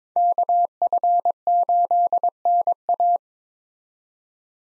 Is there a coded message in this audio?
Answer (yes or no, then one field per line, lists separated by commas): yes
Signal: Morse code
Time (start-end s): 0.2-3.2 s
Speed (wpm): 26 wpm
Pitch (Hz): 700 Hz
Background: none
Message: KF8NA